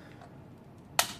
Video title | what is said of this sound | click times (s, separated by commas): Encaixe da lâmina travado 😭 E agora? Veja como é simples resolver | encaixou travou Confere se tá travado | 1.0 s